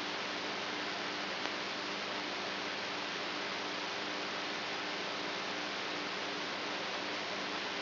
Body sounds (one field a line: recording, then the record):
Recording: brain microelectrode recording played as sound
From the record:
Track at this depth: inside the subthalamic nucleus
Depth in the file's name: 5.112 mm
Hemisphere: right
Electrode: 3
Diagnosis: Parkinson's disease